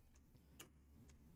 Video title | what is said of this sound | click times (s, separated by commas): Watch me Build a PC | Makes a little click. | 0.6 s